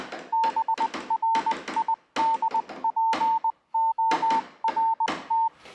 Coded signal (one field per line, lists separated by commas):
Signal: Morse code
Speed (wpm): 20 wpm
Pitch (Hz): 900 Hz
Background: none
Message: BRIDPORT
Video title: North East telegraph Line 12 4 25